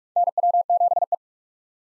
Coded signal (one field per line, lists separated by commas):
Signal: Morse code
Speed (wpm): 47 wpm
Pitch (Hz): 700 Hz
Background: none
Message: NW7E